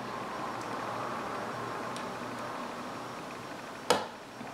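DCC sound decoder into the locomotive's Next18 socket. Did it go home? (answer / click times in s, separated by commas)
yes / 3.9 s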